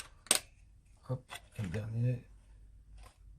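A plastic push pin of a CPU cooler is pressed home into a motherboard mounting hole and seats with a sharp click at 0.3 s. Someone then talks briefly.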